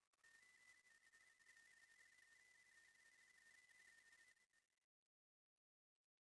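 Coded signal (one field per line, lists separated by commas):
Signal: RTTY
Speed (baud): 45.45 baud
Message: WRT N3QE N3QE CM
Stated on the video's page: Amateur RTTY looking for contacts, generated with FLDIGI on an FDX10 radio into a 29.5 ft end-fed antenna with a 9:1 unun and manual tuner.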